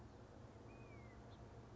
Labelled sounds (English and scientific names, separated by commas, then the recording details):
House Finch (Haemorhous mexicanus)
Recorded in Sonoma County, California